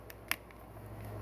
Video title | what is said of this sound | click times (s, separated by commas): Transformers Combiner Wars Alpha Bravo ( custom Goldfire) | yeah the feet here will lock into place there | 0.3 s